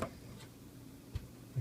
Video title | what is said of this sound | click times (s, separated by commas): Air Gap Water EVERYWHERE! | you go ahead and assemble the cap back off just snaps right in place | 0.0 s